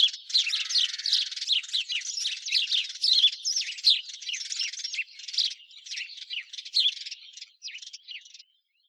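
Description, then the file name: House sparrow chirping chorus of rapid harsh notes, dense at first, thinning toward the end before stopping at about eight and a half seconds. "Passer domesticus"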